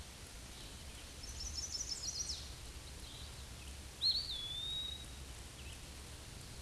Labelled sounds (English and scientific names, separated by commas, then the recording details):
Eastern Wood-Pewee (Contopus virens) song
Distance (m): 15 m
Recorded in a Pennsylvania forest on 18 May 2023 at 06:19
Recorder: AudioMoth, point grid1_37_low
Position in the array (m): 74 m, 199 m